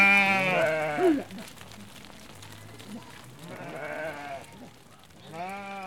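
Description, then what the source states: Sheep bleating, several harmonic bleats at the start and again near the end, with a quieter stretch of shuffling and faint bleats between. A flock passing by.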